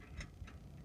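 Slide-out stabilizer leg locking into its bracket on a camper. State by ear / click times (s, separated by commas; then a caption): seated / 0.2 s, 0.5 s. A slide-out stabilizer leg on a camper, set to the hole closest to the ground, is brought back up until its latch clicks into position in its bracket. Small sharp clicks are heard at 0.2 and 0.5 s, followed by a low thump near 0.8 s. The leg is locked in place.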